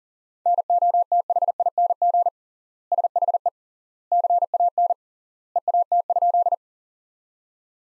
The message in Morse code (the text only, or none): NOTHING SHE CAN EAT?